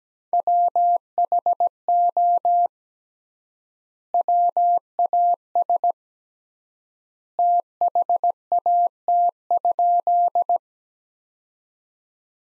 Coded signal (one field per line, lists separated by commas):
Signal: Morse code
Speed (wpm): 17 wpm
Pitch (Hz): 700 Hz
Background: none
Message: WHO WAS THAT?